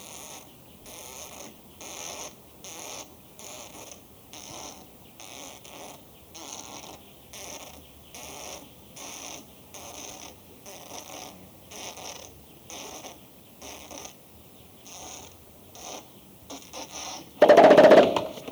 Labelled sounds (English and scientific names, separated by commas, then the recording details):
Western Gorilla (Gorilla gorilla)
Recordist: Tembrock, Günter